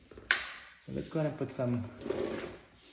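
The plastic extension tube of a HOMPANY cordless vacuum cleaner is lined up with its latch on top and pushed into the vacuum body; fitted the other way it would go in but not click, because the click is on the top side. A sharp click sounds at 0.3 s as the tube seats, and then someone talks.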